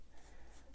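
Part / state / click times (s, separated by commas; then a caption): binocular eyecup on eyepiece barrel / not seated / none. A worn plastic-and-rubber eyecup on the eyepiece barrel of a Nikon Monarch binocular is twisted or extended, making only a soft, continuous rubbing sound over a low steady hum. No click occurs, and nothing has seated or locked into position yet, so the eyecup fails to click into its detent.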